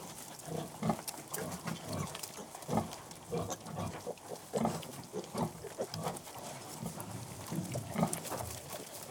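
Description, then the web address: Piglets suckling, with soft low grunts and wet smacking sounds over a steady background hiss. "BBC Sound Effects Library. Piglets Suckling"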